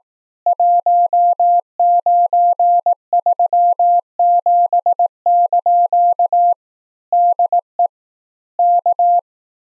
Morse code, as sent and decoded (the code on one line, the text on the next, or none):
.---- ----. ...-- --... -.--.- / -.. . / -.-
1937) DE K